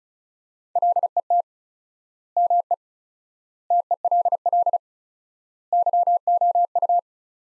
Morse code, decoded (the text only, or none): LET ME TELL YOU